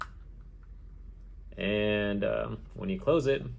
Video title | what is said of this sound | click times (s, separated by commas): Ray-Ban - Meta Sunglasses Review & iPhone Camera Comparison | and just putting it in the case you'll hear a little click | 0.0 s